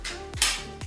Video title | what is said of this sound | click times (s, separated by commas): The Fastest E-bike! - Engwe Pro 2 E-Bike | love this. This is a satisfying click. | 0.4 s